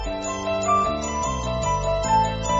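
Instrumental music with chiming, bell-like notes in a steady repeating pattern over sustained low chords that shift every half second or so, played at a moderate level with no voices.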